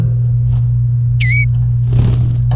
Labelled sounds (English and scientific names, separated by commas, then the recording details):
Domestic Canary (Serinus canaria) song
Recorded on 29 April 2018 at 08:39
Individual llb3